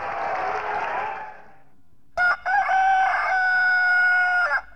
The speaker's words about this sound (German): Was war denn das? Das war mein neuer Wecker aus dem Klondike.